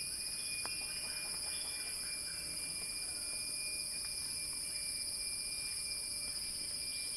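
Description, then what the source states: Cicada drone, an unbroken shrill buzz, with faint irregular ticking and a thin constant tone in the background. Cicada song building in a crescendo, recorded by Axel Drioli for Earth.fm's Sounding Wild.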